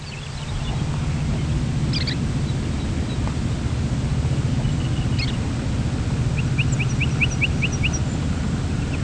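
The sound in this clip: Chestnut-collared longspur calls: a quick run of short, evenly spaced notes near the end, with a few faint high notes earlier, over a constant low rumble.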